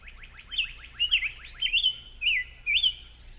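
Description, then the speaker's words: Summer Tanager song, several slurred, warbled whistled phrases in quick succession. Song of fast rolling warbles and whistles bundled tightly together, very similar to the American Robin's song. "that song consists of fast and rolling warbles and whistles all bundled tightly together. Let's listen."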